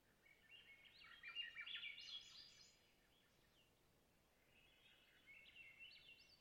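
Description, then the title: Swainson's thrush giving two breezy, upward-spiralling whistled phrases a couple of seconds apart, the second softer, against low background noise. Boreal taiga by a clear lake, white spruce and mosses, Long Lake, Talkeetna, Alaska; spring night, twilight; 49-61°F, light to no wind; double mid-side MKH8040/MKH30 recording. "Swainson's Thrush - Catharus Ustulatus - thrush heaven"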